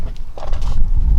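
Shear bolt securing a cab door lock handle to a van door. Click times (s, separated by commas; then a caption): 0.4 s. A steel shear bolt securing a Thule cab door lock handle to the door of a Fiat Ducato / Relay / Boxer / Promaster van is tightened with a 13 mm tool until its head shears off at the designed torque. Over a low, steady rumble, the bolt gives a faint tick at 0.2 s, then a sharp snap at 0.4 s as the head breaks away, leaving the bolt sheared at its set torque.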